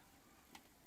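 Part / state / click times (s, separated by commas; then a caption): folding front seat back latching into its upright position / seated / 0.5 s. The front seat back of a 1991 Nissan Figaro, a small coupe, is folded forward for rear access and then pushed back upright. Its latch gives a single short, sharp click at 0.5 s over low background noise. The seat back latches into place.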